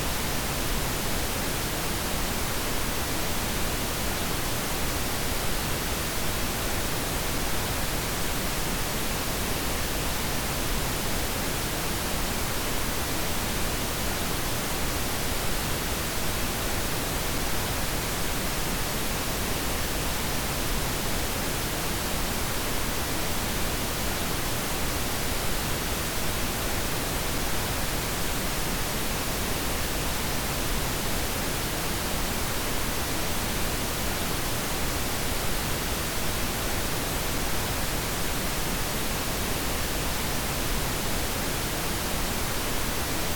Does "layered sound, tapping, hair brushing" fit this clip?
no